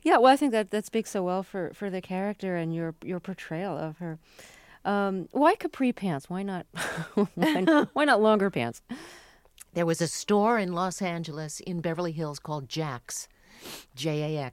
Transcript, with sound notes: Well, I think that that speaks so well for the character and your portrayal of her. Why capri pants? Why not... (LAUGHTER) Why not longer pants?
There was a store in Los Angeles, in Beverly Hills called Jax, J-A-X.